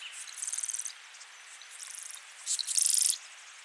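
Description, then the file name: Marsh wren giving short, rapid, buzzy rattles of very high notes, two loud bursts and a softer one between, each lasting about half a second. "Cistothorus palustris - Marsh Wren"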